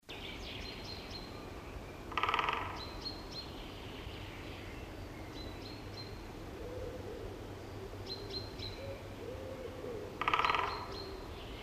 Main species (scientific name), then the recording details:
Dendrocopos major. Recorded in the wild. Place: Wegfurt, DE. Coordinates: 50.3958, 10.0869. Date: 1964-04-03. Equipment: Uher Report 4000, AKG D190. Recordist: Krey, Winfried. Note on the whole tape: Trommeln